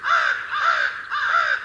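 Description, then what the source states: Crow cawing, three harsh, drawn-out caws in steady succession about half a second apart, loud and clear against a quiet background. One of a five-year-old child's favorite birds.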